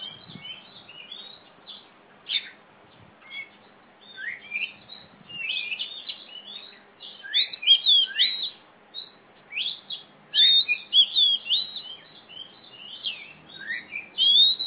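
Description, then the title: Oriental magpie-robin singing a lively, varied stream of chirps, slurred whistles and sharp notes in uneven bursts, with short quiet gaps between phrases. Female competition bird, black, national champion singer in lively song with a fighting style, East Java, Indonesia. "Kacer Juara 1 Nasional gacor kacer juara nasional jawa timur kacer tarung betina poci gacor hitam"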